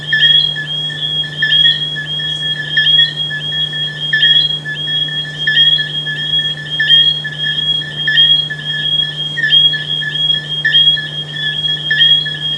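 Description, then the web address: Frog giving rhythmic, ringing calls rising and falling in intensity, over an unbroken low hum. "humbot audio frogs"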